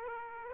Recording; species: mosquito wingbeat signal from an infrared sensor; Aedes aegypti